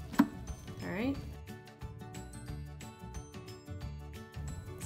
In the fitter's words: gonna turn the knob down and then make sure you hear it click once all